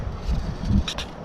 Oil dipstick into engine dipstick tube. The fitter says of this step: home, so make sure it clicks right down to the bottom.